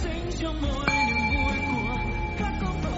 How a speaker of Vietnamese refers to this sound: Các con nghe tiếng chuông dâng trà.